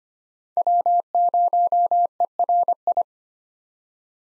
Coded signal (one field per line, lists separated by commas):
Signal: Morse code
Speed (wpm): 25 wpm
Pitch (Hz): 700 Hz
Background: none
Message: W0ERI